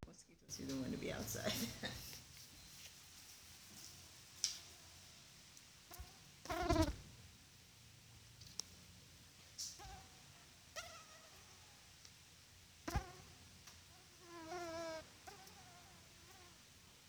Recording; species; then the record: mosquito flight sound by mobile phone; Culex quinquefasciatus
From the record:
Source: SanMateoVCD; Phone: Sony Xperia